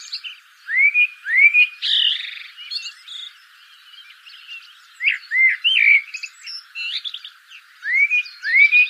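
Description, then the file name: Common blackbird song, upward-sweeping whistled notes alternating with buzzy high chatter, phrases following one another every second or two. "Turdus merula"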